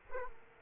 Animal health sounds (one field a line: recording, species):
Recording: mosquito wingbeat signal from an infrared sensor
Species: Aedes aegypti